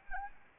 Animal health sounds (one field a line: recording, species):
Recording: mosquito wingbeat signal from an infrared sensor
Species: Anopheles arabiensis